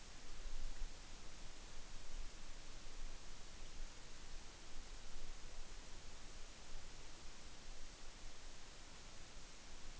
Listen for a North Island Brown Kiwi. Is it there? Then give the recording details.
no. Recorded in New Zealand on 8 June 2013. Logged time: 02:19